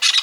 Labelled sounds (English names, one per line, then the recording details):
Brown-throated Parakeet contact call
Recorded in Venezuela
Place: Guárico; Corozopando; Fundo La Fe
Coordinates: 8.506, -67.593